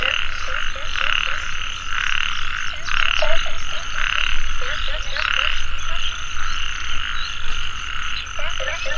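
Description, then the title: Frogs giving quick repeated croaks in chorus, over a continuous high background buzz. Frogs calling in a mountain valley at dusk; field recording. "傍晚山谷里的蛙和鸟齐鸣 声谷"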